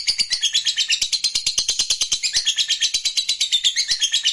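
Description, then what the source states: Lovebird giving a rapid, unbroken chatter of high, scratchy notes in quick pulses, loud and energetic throughout. Fighter-type lovebird singing energetically (gacor).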